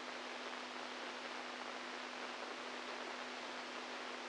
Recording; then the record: brain microelectrode recording played as sound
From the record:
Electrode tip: inside the subthalamic nucleus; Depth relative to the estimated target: -1 mm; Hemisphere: right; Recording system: NeuroSet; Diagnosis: Parkinson's disease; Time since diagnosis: 10 years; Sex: male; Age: 65 years